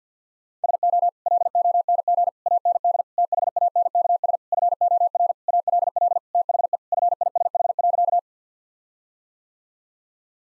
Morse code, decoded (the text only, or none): SO LONG AND THANKS FOR ALL THE FISH.